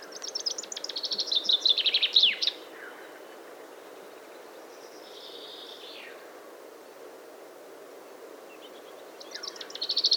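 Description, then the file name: Common chaffinch song: a descending run of bright notes ending in a flourish, starting again at the close, with a fainter sliding call midway over steady background hum. "Fringilla coelebs"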